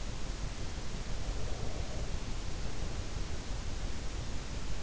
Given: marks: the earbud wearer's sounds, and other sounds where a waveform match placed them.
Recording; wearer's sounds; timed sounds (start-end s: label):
sounds in sleep by an in-ear microphone; breath
1.33-3.17 s: breath